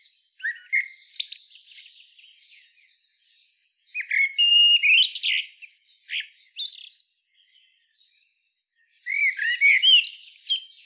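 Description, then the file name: Common blackbird song: fluted warbled phrases mixed with high squeaky twitters, in three bursts separated by pauses. "Turdus merula"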